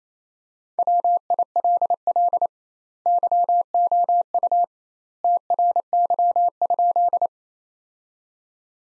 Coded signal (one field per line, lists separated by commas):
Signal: Morse code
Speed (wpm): 27 wpm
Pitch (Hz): 700 Hz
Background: none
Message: WILL YOU TRY?